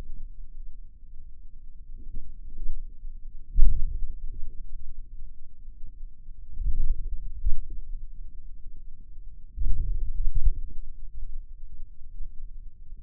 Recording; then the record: forearm muscle sounds (acoustic myography)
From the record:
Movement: wrist flexion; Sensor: system 2, bracelet of six BSWA MPA416 microphones around the upper forearm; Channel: 4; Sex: male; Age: 22 years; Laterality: right